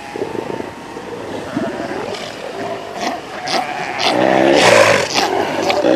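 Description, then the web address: South American sea lion calls, harsh barks and bleating wails building in loudness. "earth naturelibrary assets s so south american sea lion"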